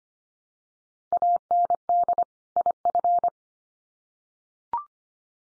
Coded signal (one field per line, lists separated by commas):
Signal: Morse code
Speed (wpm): 25 wpm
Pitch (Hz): 700 Hz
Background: none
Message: AND IF